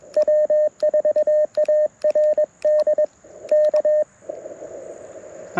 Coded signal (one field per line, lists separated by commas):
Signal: Morse code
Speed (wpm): 21 wpm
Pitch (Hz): 610 Hz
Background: radio noise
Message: W4ARD K